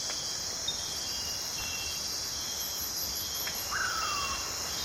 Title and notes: Amazon rainforest - calm night. Deep in the Amazon rainforest at night there's fog drip, soft wind and occasionally deadfall. The piercing chorus of insects is constant, multi-layered and continuously changing